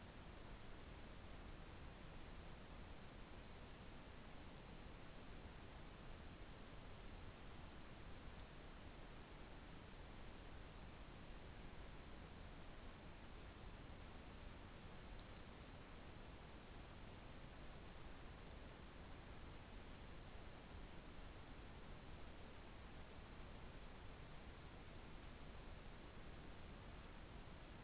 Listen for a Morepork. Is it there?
no